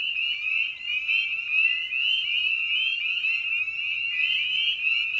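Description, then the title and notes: Spring peeper chorus, piercing peeps overlapping without a break, forming a bright, even, high-pitched ring. Evening at a frog pond. "Night of the Peepers. Species in Focus: Spring Peeper (Pseudacris crucifer). Ian Carlsen"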